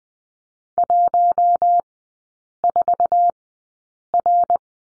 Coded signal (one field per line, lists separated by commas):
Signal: Morse code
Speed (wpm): 20 wpm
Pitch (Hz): 700 Hz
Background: none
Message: 14R